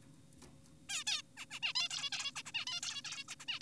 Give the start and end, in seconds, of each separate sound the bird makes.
0.89-1.04, 1.07-1.22, 1.37-1.46, 1.51-1.60, 1.63-1.73, 1.76-1.89, 1.90-2.10, 2.12-2.32, 2.36-2.42, 2.46-2.52, 2.54-2.65, 2.67-2.81, 2.83-3.02, 3.05-3.24, 3.29-3.35, 3.40-3.45, 3.48-3.59